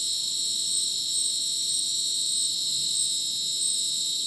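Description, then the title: Crickets: steady high trilling in several overlapping tones, a shrill, alarm-like wall of sound with no breaks. Dense rainforest at Ucumari, Madidi National Park, Bolivia, after sunset; very dense insect chorus like a polyrhythmic electronic concert; AT BP4029 microphone, MixPre 6 recorder. "Madidi National Park, Ucumari, Bolivia - Supersonic Crickets in the rainforest"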